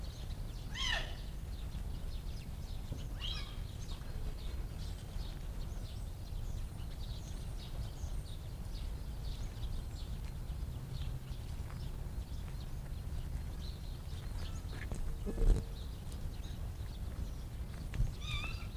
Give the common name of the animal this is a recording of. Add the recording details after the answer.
Chital. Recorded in captivity. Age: juvenile. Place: Zoo Berlin, Berlin, DE. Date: 1959-03-04 16:00. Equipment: Reporter (Vollspur). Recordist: Tembrock, Günter